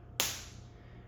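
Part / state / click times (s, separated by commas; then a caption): funnel lid onto saliva collection tube / seated / 0.2 s. The plastic funnel lid of a saliva collection tube is pressed down firmly onto the tube until it closes with one loud, sharp click at 0.2 s, which fades out over about the next quarter second against a low steady hum. Closing the lid seats it shut and releases the stabilizing liquid from the lid into the tube.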